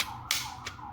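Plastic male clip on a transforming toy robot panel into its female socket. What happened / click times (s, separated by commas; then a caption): Handled, not yet home: plastic clip not yet seated / none. A plastic toy-robot panel is flipped over so the male clip on the transforming toy robot lines up with its female socket, with brief plastic handling taps at about 0.0, 0.3 and 0.7 seconds over a faint wavering tone. The clip has not seated or clicked into place yet.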